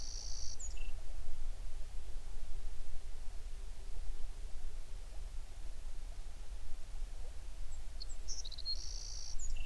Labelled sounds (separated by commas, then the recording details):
songbird
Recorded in the Prudhoe Bay oil fields, Alaska, on 11 June 2019 at 04:45
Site 21